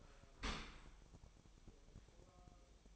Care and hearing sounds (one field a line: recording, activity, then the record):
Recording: daily activity, microphone in the room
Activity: open dishwasher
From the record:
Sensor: 1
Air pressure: 1004.7 hPa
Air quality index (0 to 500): 111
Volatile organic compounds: 4 ppm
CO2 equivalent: 1539 ppm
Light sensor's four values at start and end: 9/22/8/9 and 9/22/8/9